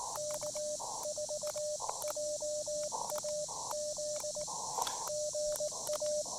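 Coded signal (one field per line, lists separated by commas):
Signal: Morse code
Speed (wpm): 19 wpm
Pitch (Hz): 590 Hz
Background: radio noise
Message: K4JAZ GA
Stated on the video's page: Morse heard during a POTA park activation.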